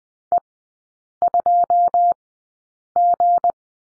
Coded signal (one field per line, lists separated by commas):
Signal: Morse code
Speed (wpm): 19 wpm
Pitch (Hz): 700 Hz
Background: none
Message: E2G